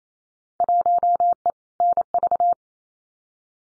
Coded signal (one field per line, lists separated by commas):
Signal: Morse code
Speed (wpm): 28 wpm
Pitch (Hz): 700 Hz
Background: none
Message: 1E NV